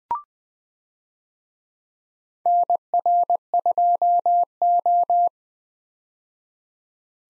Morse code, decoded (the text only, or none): NR2O